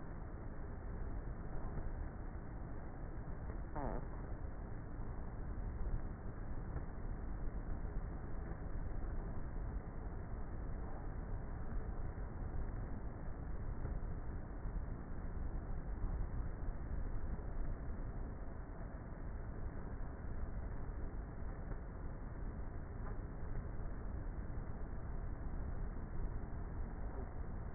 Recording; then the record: honeybee colony, microphone inside the hive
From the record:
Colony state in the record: queenless with a low population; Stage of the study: before two queens were removed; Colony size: about 30,000 bees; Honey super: no